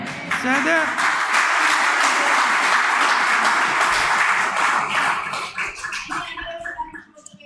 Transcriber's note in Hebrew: מחיאות כפיים